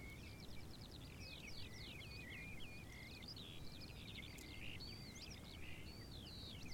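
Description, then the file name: Birds singing: busy high-pitched twittering and slurred chirps from several birds at once, over a steady low background hum. Meadow ambience with birds. "ATMO Wiese mit Voegeln"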